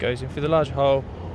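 Someone talks while handling the end of the rubber tether on the fuel filler cap of a BMW 5 Series E60, lining it up with the large hole in the filler flap housing. Nothing has seated or clicked into place yet; only speech over a low background hum is heard.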